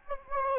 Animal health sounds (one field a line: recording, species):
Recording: mosquito wingbeat signal from an infrared sensor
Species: Anopheles gambiae